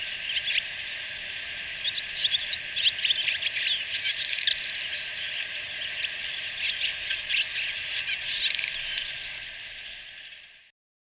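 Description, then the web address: Barn Swallow twittering: a busy, continuous stream of short high chirps and squeaky notes throughout, with faint steady hiss beneath. Recorded in Ecuador. "S America Birds of Ecuador. Barn Swallow"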